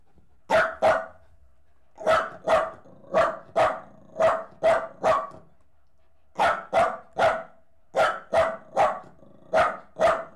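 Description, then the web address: Dog barking steadily in quick pairs and triplets, sharp high barks roughly every half second with brief pauses between groups. Jack Russell Terrier crossed with a Corgi, recorded while leaping. "BBC Sound Effects Library - Horses Dogs Jack Russel Corgi Cross Leaping"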